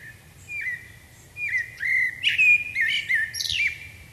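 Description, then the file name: Common blackbird singing a run of fluted whistled notes, ending in sharp, high squeaky flourishes. "Turdus merula"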